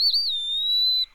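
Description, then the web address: Eastern wood-pewee song: a single pure, even whistle lasting about a second, with a slight wavering start and gentle rise at the end. "Know Your Bird Sounds Common Western Species 20-Eastern Wood-Pewee"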